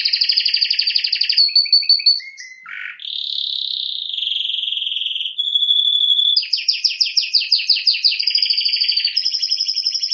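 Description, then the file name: Canary singing fast pulsed trills, short low notes, then long smooth rolling tours followed by loud rapid chattering phrases to the end. "Canary Voice"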